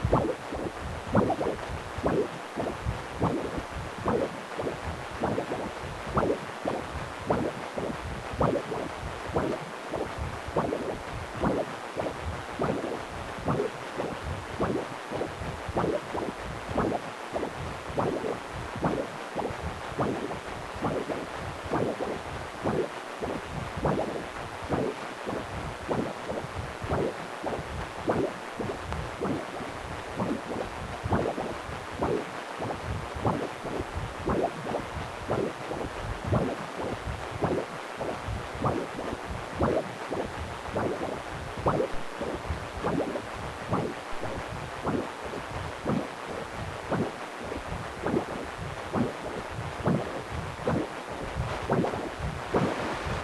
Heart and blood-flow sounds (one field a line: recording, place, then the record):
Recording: Doppler ultrasound of blood flow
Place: precordium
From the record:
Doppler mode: continuous wave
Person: healthy adult, 18 to 50 years, no heart murmur, not diving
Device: 2.5 MHz transducer